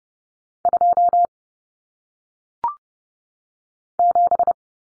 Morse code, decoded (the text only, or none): 2 7